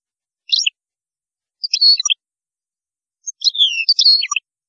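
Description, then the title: European goldfinch song: three short bursts of bright, chattering twitters about a second apart, with sliding notes. "Chant Chardonneret"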